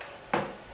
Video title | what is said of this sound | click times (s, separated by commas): Elinchrom RX Digital strobe lighting review | This bead ring will sit right back on there, click it into place, and you're ready to go. | 0.3 s